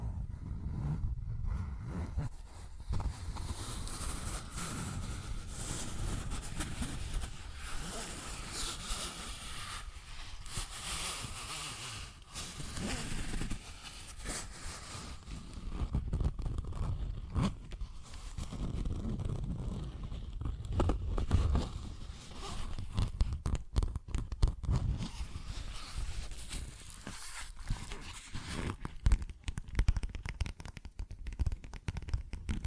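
Continuous scratching and rough rubbing over a low rumble, broken by frequent sharp taps and clicks that grow busier near the end.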